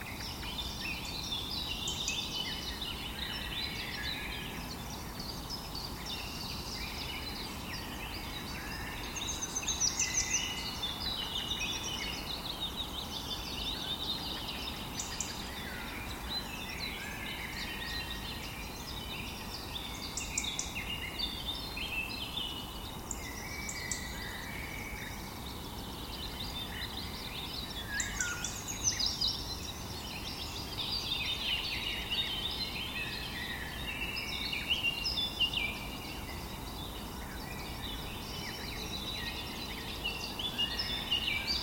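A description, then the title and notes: Many birds chirp and trill at once in a forest, a dense, overlapping chorus of bright calls that never lets up across the whole stretch. A soft low rumble sits steadily underneath, and a few calls stand out briefly now and then. Forest Birdsong Nature Sounds. Calming Birds Chirping Ambience.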